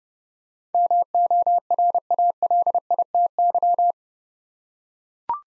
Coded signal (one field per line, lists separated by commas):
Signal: Morse code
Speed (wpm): 30 wpm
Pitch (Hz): 700 Hz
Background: none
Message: MORALITY